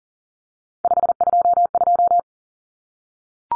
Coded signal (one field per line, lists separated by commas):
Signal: Morse code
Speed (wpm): 40 wpm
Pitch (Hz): 700 Hz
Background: none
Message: 522